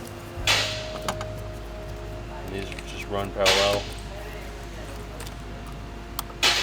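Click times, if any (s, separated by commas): 6.2 s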